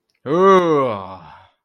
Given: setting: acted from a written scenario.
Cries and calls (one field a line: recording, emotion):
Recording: vocal sound without words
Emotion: anger